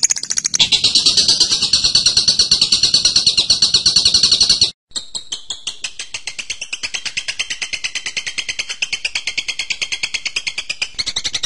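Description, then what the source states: Bird song: a loud buzzy chatter, a brief break, then a long run of crisp repeated notes at a steady, quick pace. Masteran: a birdsong training recording.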